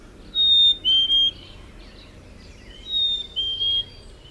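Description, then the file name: Black-capped Chickadee song: two pure whistled notes stepping down in pitch, given twice in quick succession against a quiet background. Recorded 13 May 2001; part of a series of 18 songs. "2001-05-13 BCCH 18 songs PW"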